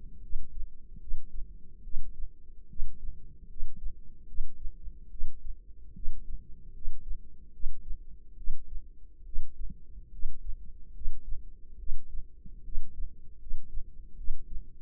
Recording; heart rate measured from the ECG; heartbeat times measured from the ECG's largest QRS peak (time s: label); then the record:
heart sounds by microphone in the left ear; 73 bpm
0.20 s: heartbeat
0.98 s: heartbeat
1.82 s: heartbeat
2.67 s: heartbeat
3.47 s: heartbeat
4.26 s: heartbeat
5.09 s: heartbeat
5.93 s: heartbeat
6.72 s: heartbeat
7.51 s: heartbeat
8.35 s: heartbeat
9.24 s: heartbeat
10.10 s: heartbeat
10.92 s: heartbeat
11.77 s: heartbeat
12.62 s: heartbeat
13.38 s: heartbeat
14.15 s: heartbeat
From the record:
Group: healthy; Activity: rest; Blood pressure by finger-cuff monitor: 135/75 mmHg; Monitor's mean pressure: 94 mmHg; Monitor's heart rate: 72 bpm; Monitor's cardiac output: 6.9 L/min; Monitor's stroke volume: 93 mL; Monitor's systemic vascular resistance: 1010 dyn s/cm5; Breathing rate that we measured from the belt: 19 breaths a minute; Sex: female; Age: 22 years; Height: 154 cm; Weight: 58.7 kg